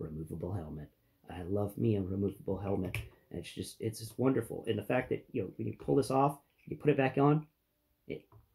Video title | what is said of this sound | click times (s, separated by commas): Top 11 1/12 scale Action Figures of 2023 | doesn't like you were supposed to click there it goes yeah nice little click | 8.1 s